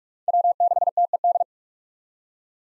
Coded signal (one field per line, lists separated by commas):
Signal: Morse code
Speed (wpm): 48 wpm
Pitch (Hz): 700 Hz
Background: none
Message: W6TED